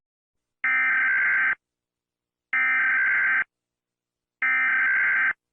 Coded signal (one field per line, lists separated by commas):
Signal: Emergency Alert System (SAME) tones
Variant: header bursts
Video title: Rating EAS Alarms